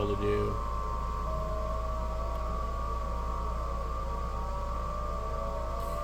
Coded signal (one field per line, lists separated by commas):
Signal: FT8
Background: speech